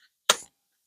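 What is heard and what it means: The barrel and forend assembly of a Ruger PC9 takedown carbine is inserted into the receiver at the 4 o'clock position and rotated until it locks. A single sharp, loud metallic snap rings out at 0.3 s and decays quickly, with only faint sounds before and after. The assembly locks into the receiver and is seated.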